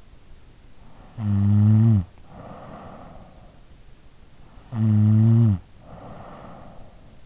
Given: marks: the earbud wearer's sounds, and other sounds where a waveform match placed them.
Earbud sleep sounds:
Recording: sounds in sleep by an in-ear microphone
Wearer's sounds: snoring breath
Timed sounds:
1.01-3.55 s: snoring breath
4.55-6.90 s: snoring breath

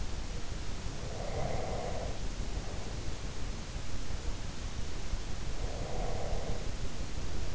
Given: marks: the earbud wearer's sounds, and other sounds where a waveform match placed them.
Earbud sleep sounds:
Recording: sounds in sleep by an in-ear microphone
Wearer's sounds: breath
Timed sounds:
0.94-2.99 s: breath
5.55-7.55 s: breath

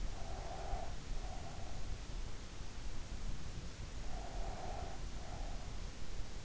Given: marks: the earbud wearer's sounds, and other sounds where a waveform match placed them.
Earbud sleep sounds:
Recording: sounds in sleep by an in-ear microphone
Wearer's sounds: breath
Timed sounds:
0.17-1.84 s: breath
4.07-5.74 s: breath

